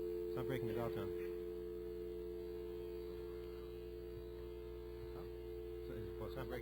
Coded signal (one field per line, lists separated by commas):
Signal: telephone call progress tone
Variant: North America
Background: speech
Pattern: dial tone